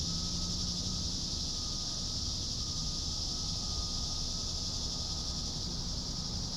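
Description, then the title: Cicadas keep up a constant high buzzing drone while a low rumble runs underneath and a faint steady tone hums along. "neoscenes: cicadas"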